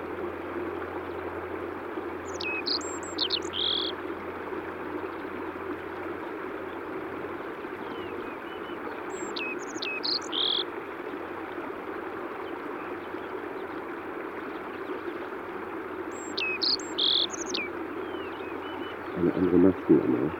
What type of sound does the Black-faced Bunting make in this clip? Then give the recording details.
song. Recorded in the wild. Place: Dzhalmyn, MN. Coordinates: 48.166, 107.736. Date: 1979-06-11 06:05. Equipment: Nagra III BH, Sennheiser MD 21, parabola. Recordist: Schubert, Michael. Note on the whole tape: Gesang Maskenammer